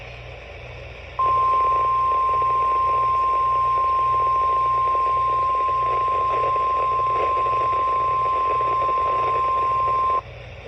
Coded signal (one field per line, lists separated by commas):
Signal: Emergency Alert System (SAME) tones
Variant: 1050 Hz attention tone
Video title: Another MCS I Guess - EAS Alerts from 5/26/24 || EAS 1,267-1,293